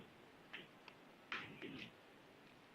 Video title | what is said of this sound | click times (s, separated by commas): غير شاشة التابلت بنفسك في البيت . . بقربة مية | the is the sound of openning so | 0.5 s, 0.9 s, 1.3 s, 1.6 s